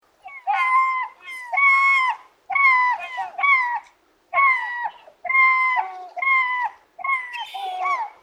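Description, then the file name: Slaty-backed gull calls: a series of several loud, nasal, harmonic-rich cries in quick succession with short gaps. "oosegurokamome"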